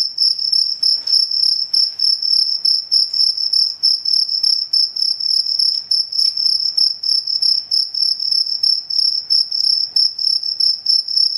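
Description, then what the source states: Cricket song: high, ringing chirps pulsing steadily, with little else audible. Cricket chirping played as a sound to repel mosquitoes, insects and rats.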